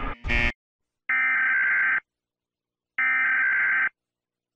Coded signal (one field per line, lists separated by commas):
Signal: Emergency Alert System (SAME) tones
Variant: header bursts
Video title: top 5 best eas alarms from south america (part 3)